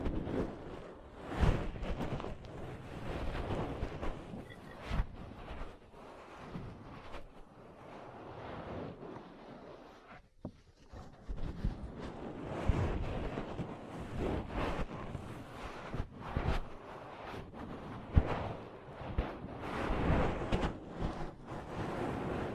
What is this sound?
Ear Cleaning, Massage, Cupping, Tapping